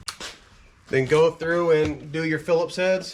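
On a 2021 Chevy Blazer, during a temperature sensor replacement, the top portion of the plastic air intake tube is aligned and pushed into the airbox, and it seats with a short sharp snap at 0.1 s. After a brief pause, someone talks for the rest of the clip.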